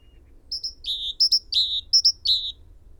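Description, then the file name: Great tit calling in a quick series: paired high sharp notes each followed by a lower buzzy note, repeated about three times in two seconds. "Parus major"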